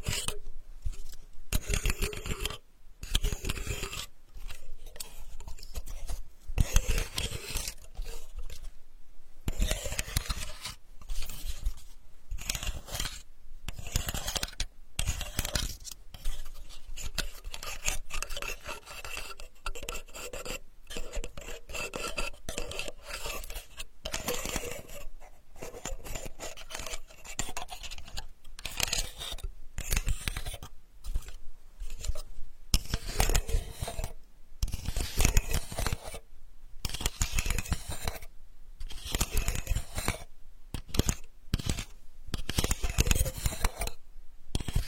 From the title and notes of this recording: Healing sandalwood tapping experience SPA.